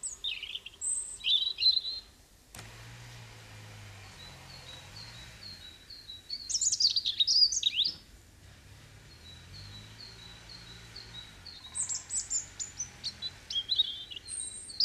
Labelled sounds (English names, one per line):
European Robin song